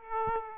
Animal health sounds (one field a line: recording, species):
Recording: mosquito wingbeat signal from an infrared sensor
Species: Aedes aegypti